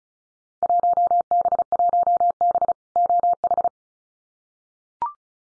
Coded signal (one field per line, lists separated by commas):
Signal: Morse code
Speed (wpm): 36 wpm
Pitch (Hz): 700 Hz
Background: none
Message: 1B1B OH